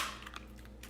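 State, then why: Seated. A pistol is pushed into a concealed-carry belt holster, likely Kydex, that grips the belt and holds the gun in place. A few faint plastic taps lead into sharp retention clicks at 0.4 s and 0.8 s. The pistol locks in and is seated.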